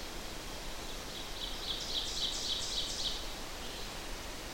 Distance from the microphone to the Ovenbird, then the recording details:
about 45 m. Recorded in boreal forest in Alberta, Canada, on 8 June 2016 at 06:34. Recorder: SongMeter 3, array SBT-3-9. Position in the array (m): 47 m, 103 m. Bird 33